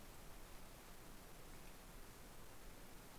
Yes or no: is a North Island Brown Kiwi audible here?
no